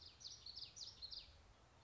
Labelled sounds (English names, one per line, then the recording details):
Common Yellowthroat
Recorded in Sonoma County, California